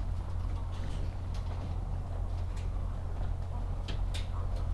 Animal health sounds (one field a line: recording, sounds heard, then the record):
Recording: poultry house recording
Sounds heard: sick chickens (respiratory disease)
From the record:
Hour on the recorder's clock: 8